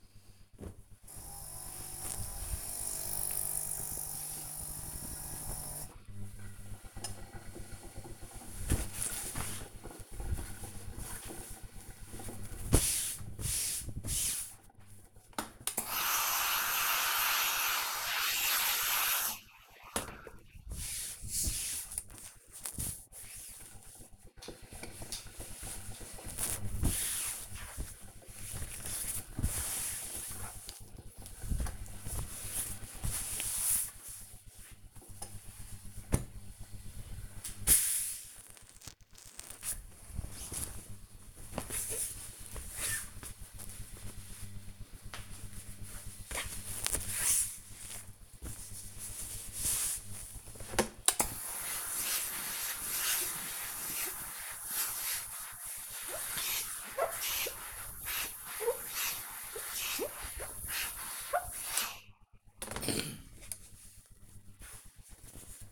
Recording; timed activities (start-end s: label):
household activities, microphone on the right wrist
13.70-43.90 s: ironing laundry
49.93-65.72 s: ironing laundry